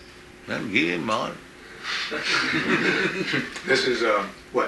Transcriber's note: laughter